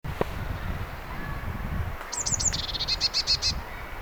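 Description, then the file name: Eurasian blue tit calling: a few thin, high descending notes, then a quick run of repeated notes over a steady low rumble. "Cyanistes caeruleus"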